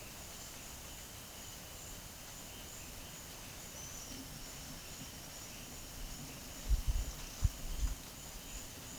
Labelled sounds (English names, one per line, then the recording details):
none
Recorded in pastures near Puerto Asís, Putumayo, Colombia, on 23 June 2025 at 11:00
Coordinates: 0.472, -76.331
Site G095